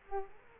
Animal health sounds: mosquito wingbeat signal from an infrared sensor; Culex quinquefasciatus

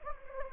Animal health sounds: mosquito wingbeat signal from an infrared sensor; Anopheles gambiae

